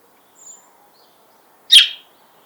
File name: Passer domesticus